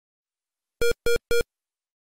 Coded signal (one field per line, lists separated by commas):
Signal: none